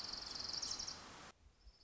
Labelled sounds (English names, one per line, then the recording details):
Orange-crowned Warbler
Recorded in Sonoma County, California